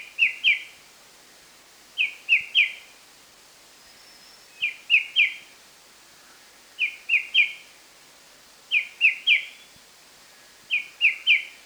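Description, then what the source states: White-browed shrike-babbler song, a bright three-note whistled phrase repeated steadily about every two seconds, each note slurring down, over faint background hiss. Recorded 1 March 2008.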